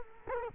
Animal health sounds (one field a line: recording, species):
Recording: mosquito wingbeat signal from an infrared sensor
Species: Culex quinquefasciatus